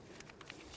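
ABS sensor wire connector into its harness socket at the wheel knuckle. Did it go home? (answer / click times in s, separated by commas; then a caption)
yes / 0.5 s. The plastic ABS wheel-speed sensor wire connector on a 2005-2012 Volvo S40 is pressed by hand into its mating harness socket at the wheel knuckle during a front wheel hub bearing replacement. A few faint ticks at 0.2, 0.3 and 0.4 seconds lead to a sharper, brighter click at 0.5 seconds as the connector seats. It is confirmed seated and then wiggled to check that it is secure.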